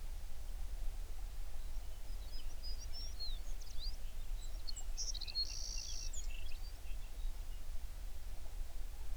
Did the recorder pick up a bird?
yes